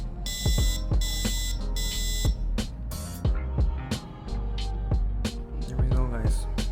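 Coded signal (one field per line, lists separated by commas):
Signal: alarm pattern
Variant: piezo buzzer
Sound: three harsh 2 kHz buzzer beeps, then a pause, over clicks and background music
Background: background music, clicks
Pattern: temporal three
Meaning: Fire alarm evacuation warning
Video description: Code 3 tone fire alarm buzzer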